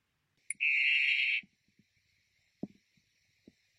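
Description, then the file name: Blue poison dart frog calling once with an even, buzzy trill of about one second, followed by a few soft knocks and clicks. "tinctorius azureus calling"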